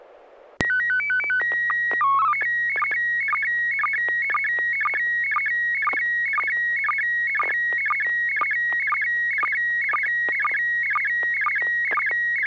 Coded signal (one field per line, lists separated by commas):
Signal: SSTV (slow-scan television)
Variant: PD 120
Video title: N6NA SSTV Net - 04/02/2025